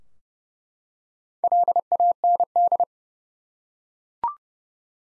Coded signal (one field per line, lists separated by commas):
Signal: Morse code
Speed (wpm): 29 wpm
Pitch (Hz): 700 Hz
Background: none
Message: LAND